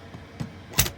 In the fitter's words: again when you put them down just push them so that you can actually hear the click to lock